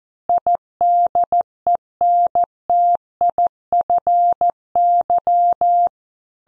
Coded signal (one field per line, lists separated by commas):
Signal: Morse code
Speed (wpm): 14 wpm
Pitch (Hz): 700 Hz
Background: none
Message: IDENTIFY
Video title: Morse Code copy practice